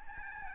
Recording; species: mosquito wingbeat signal from an infrared sensor; Aedes albopictus